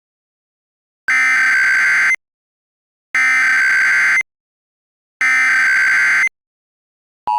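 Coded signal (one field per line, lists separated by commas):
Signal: Emergency Alert System (SAME) tones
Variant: header bursts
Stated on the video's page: Mock alert made with a template and macros.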